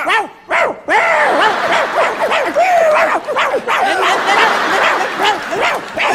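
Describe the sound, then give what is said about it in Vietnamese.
Someone imitates dogs barking, a loud, rapid stream of overlapping yaps and yelps with rising and falling pitch that runs almost without pause after a couple of short opening barks. “Bây giờ lò heo chánh hưng, không ngờ là lộn vô là ngã năm chuồng chó.”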